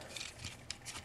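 A small plastic peg on a plastic transforming robot toy is handled and pushed toward its matching slot during the toy's transformation. Soft rubbing and handling noises are broken by a light tick around 0.2 s and a sharper, brief tick around 0.7 s. The peg has not seated or clicked into its slot yet.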